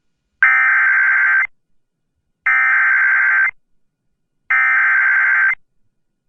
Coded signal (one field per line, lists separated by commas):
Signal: Emergency Alert System (SAME) tones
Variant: header bursts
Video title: Severe Thunderstorm Warning | EAS #512